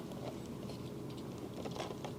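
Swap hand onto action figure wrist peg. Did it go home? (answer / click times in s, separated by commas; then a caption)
no / none. A plastic swap hand is being handled and pressed toward the wrist peg of an S.H.Figuarts Rescue Armor action figure, with soft rustling and small plastic contact ticks near 2.0 s and 2.2 s. The hand has not clicked onto the peg yet, and nothing has seated.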